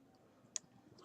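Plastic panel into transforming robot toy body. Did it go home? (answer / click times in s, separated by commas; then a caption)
partly / 0.6 s. A plastic panel is pushed into the body of a Studio Series 07 movie deluxe Bumblebee transforming robot toy, giving one sharp click at 0.6 s over quiet background noise. The panel has clicked only into its first position and is not yet locked.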